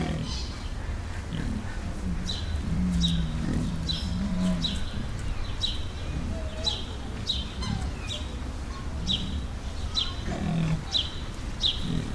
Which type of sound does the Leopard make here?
call